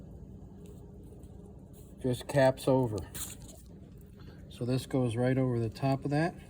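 A small black vinyl-covered cap is being handled over a screw head on a vinyl-wrapped Masonite vehicle roof panel. Someone talks over a quiet background with faint brief handling ticks. Nothing has seated or clicked yet.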